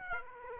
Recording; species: mosquito wingbeat signal from an infrared sensor; Aedes aegypti